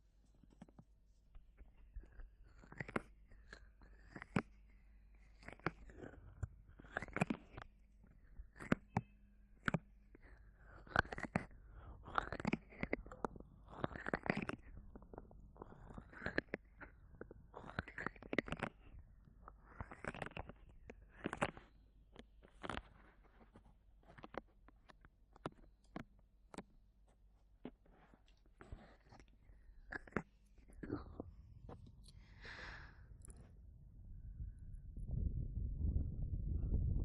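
Ear massage sounds: soft rubbing and brushing strokes repeat every second or so, each a short crisp swish with a few sharper taps. Near the end, from about thirty seconds, a low muffled rumble rises and grows louder.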